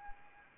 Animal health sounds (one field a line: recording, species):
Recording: mosquito wingbeat signal from an infrared sensor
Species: Anopheles arabiensis